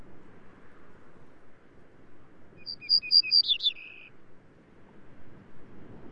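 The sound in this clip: Grey-necked bunting sings once: a few crisp high notes followed by a tumbling, buzzy lower ending, set against soft background hiss.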